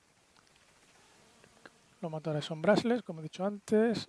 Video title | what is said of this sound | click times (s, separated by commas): JJPRO X3 analisis en español | hear the click | 1.7 s